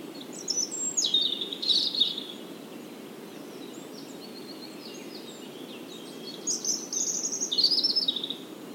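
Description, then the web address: European robin singing: a high, fluty warbled phrase, several seconds of quiet, then a second thin trilling phrase, with constant low rumble behind. "SETE Erithacus rubecula"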